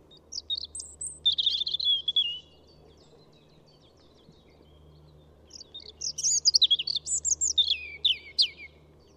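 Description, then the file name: European robin song in two separate phrases, each a rapid mix of high thin whistles and twittering notes, split by a pause of about three seconds; a soft low hum underneath. "Erithacus rubecula"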